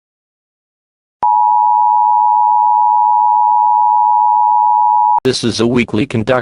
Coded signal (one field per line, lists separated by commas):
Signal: Emergency Alert System (SAME) tones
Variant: 853 and 960 Hz attention tone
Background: speech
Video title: EAS MOCK